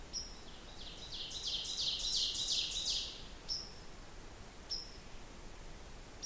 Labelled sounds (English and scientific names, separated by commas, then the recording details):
Ovenbird (Seiurus aurocapilla) song
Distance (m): 25 m
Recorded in boreal forest in Alberta, Canada, on 16 June 2016 at 08:17
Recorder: SongMeter 3, array SBT-3-32
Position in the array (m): 139 m, 103 m
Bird 37